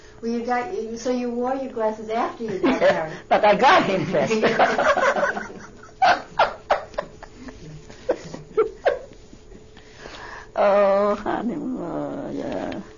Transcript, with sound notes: Well, you got, so you wore you glasses after you got married.
But I got him first. ( she laughs ) Oh, honey, yeah.